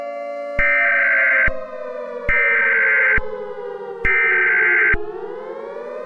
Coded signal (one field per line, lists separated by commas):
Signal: Emergency Alert System (SAME) tones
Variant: header bursts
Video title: Eas Scenario: The Moonlight